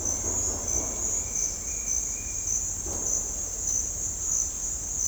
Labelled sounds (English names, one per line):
none